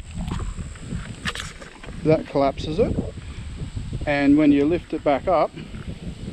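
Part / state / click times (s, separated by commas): electric scooter folding handlebar stem collar latch / not seated / none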